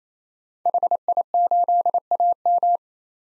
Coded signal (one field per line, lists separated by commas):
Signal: Morse code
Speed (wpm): 28 wpm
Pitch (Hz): 700 Hz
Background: none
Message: HI8AM